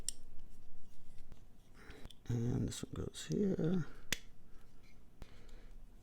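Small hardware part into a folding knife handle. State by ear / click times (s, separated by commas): seated / 4.1 s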